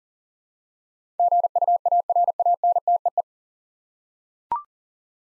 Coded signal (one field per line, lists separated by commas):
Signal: Morse code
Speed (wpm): 40 wpm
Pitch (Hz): 700 Hz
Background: none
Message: GUARANTEE